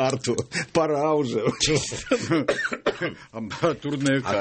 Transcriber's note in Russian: смеется